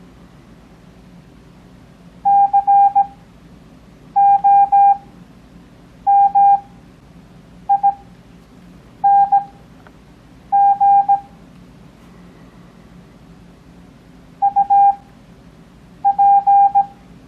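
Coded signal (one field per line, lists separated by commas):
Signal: Morse code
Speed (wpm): 17 wpm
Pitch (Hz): 800 Hz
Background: none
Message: COMING UP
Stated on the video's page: Beginner Morse code copying practice covering letters B, C, F, H, J, L, P, Q, V, X, Y, Z plus earlier letters.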